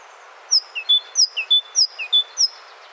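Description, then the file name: Great tit song: a clear high three-note phrase, high-low-middle, given three times in quick even succession, with a fourth just begun at the end. "Parus major"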